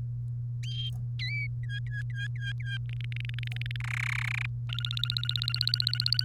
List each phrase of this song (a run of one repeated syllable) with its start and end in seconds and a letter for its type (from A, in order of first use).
1.19-1.47 A, 1.64-2.77 B, 2.89-3.81 C, 3.84-4.46 D, 4.69-6.24 E